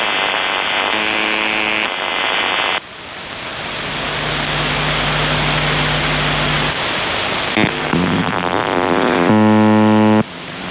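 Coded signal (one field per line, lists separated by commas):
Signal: numbers station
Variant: UVB-76 (The Buzzer)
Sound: hissy shortwave static with two short, harsh, low buzzes about eight seconds apart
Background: radio static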